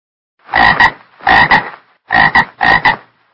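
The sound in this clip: Frog croaking in four loud, double-pulsed croaks, each about half a second, spaced irregularly over about three seconds.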